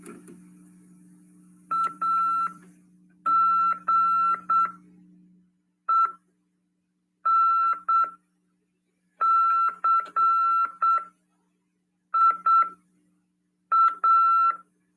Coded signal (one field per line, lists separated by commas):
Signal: Morse code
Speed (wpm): 8 wpm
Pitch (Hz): 1340 Hz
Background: none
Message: AGENCIA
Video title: RADIOAMADOR 30/12/2022 PY2EXU PAULO...continuando